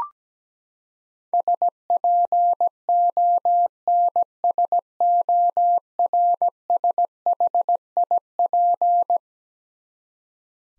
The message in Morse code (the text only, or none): SPONSORSHIP